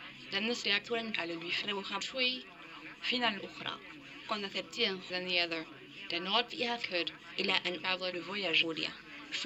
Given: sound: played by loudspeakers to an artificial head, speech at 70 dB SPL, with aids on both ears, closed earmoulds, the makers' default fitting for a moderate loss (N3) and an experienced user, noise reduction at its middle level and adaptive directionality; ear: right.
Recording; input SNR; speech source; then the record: speech test signal (ISTS) in cocktail-party noise; +9 dB; on the right (90 degrees)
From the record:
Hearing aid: class 1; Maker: D